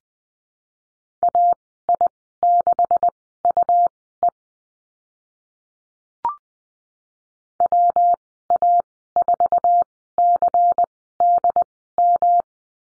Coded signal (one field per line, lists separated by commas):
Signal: Morse code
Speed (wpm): 20 wpm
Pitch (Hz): 700 Hz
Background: none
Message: AI6UE WA4CDM